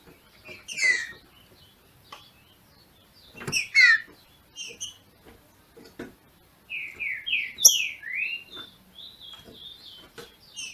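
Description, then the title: Green-winged saltator sings a rapid sequence of slurred, falling whistles in the second half, preceded by a few isolated sharp notes and clicks. Female singing in male style to stimulate the male. "FÊ MEA DE TRINCA FERRO MACHEANDO PARA ESQUENTAR O MACHO"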